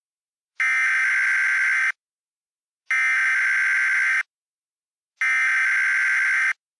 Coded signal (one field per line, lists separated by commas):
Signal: Emergency Alert System (SAME) tones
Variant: header bursts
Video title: EAS Mock 21: Ascension